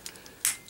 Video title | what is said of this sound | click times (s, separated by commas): Bold Forms LONEWOLF (Motormaster): EmGo's Transformers Reviews N' Stuff | There you go. It clicks into place. It's nice and snug. | 0.4 s